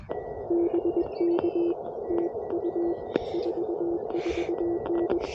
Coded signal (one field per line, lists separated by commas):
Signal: Morse code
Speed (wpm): 21 wpm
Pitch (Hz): 340 Hz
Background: none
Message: BK TU 44N